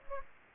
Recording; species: mosquito wingbeat signal from an infrared sensor; Aedes aegypti